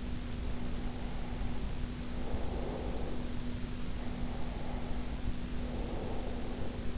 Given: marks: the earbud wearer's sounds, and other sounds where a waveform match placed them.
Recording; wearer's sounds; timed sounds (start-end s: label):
sounds in sleep by an in-ear microphone; breath
0.30-3.45 s: breath
3.91-6.98 s: breath